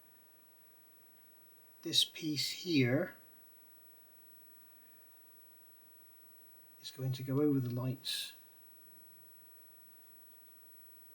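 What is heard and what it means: Someone holds and positions a plastic cover piece that will go over the lights of the front fairing/light assembly on a 1/9 scale Honda CBR1000RR-R Fireblade SP model kit, lining it up before pushing it home. Someone talks in two short bursts, around 1.8–3.1 s and 6.9–8.3 s, with only quiet background between them. Nothing has clicked or seated yet.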